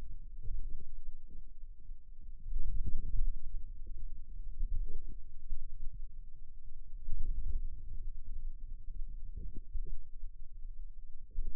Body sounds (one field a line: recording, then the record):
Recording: forearm muscle sounds (acoustic myography)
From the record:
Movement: wrist extension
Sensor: system 2, bracelet of six BSWA MPA416 microphones around the upper forearm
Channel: 6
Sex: male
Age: 22 years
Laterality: right